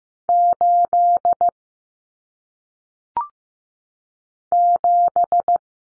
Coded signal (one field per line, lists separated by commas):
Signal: Morse code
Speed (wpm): 15 wpm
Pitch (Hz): 700 Hz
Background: none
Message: 8 7